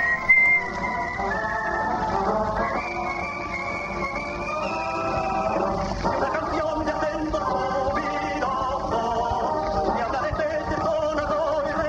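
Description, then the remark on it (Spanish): A thin, high whistling tone holds steady notes with a few small pitch jumps for several seconds, then fades, over a dense wash of voices and background sound. “Un chiflido ahí que no sé qué es.”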